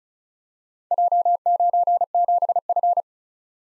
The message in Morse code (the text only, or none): J97F